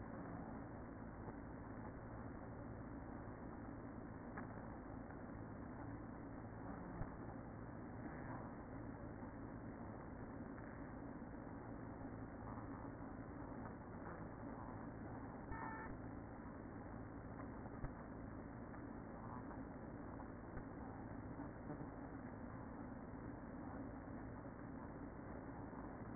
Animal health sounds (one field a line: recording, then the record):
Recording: honeybee colony, microphone inside the hive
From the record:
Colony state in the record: queen present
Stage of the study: after two queens were removed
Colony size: about 60,000 bees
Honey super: yes